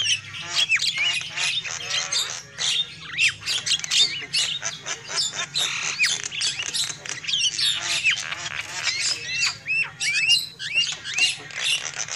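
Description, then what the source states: Lovebird calls, a dense chorus of piercing chirps and hooked rising squeaks, unbroken throughout, with a faint low hum. Lovebird calls used as a lure for trapping.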